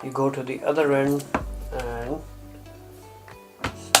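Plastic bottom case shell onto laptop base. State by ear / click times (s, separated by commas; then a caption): seated / 4.0 s. Someone talks while a plastic bottom case shell from a yellow 3-in-1 case with silicone keyboard cover is pushed in at one end and then the other onto the base of a MacBook Pro 13 inch (Model A1502/A1425). After a quieter stretch with faint taps around 3.3 and 3.6 seconds, a loud sharp click at 4.0 seconds marks the case seating into place.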